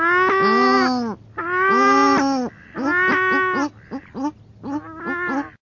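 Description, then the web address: Paradise shelduck giving a few loud, nasal, harmonic-rich drawn-out calls, followed by several shorter broken calls. "parries paradise shelduck"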